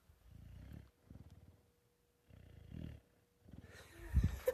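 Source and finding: Dog. Snoring.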